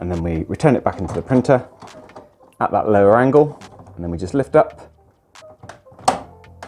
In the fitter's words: till we hear a similar click and it's back in place.